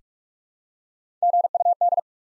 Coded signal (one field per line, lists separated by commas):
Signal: Morse code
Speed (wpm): 45 wpm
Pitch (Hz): 700 Hz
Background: none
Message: GUD